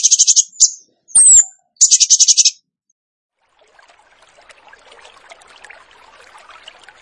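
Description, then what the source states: Bird song: short bursts of fast high trills and one sharp whistled note, then only a faint rustling hiss. A bird singing in the tembakan gacor style; masteran training.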